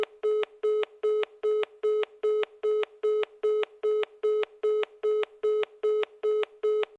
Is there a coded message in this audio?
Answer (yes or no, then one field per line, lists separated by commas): no